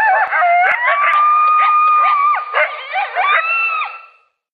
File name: Coyote